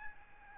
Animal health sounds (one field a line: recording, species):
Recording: mosquito wingbeat signal from an infrared sensor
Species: Aedes albopictus